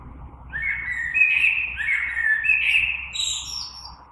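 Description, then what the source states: Common blackbird delivering one long warbled phrase, mellow fluting notes rising into a thin high squeaky trill at the end, over a low background hum. Recorded 3 March 2020.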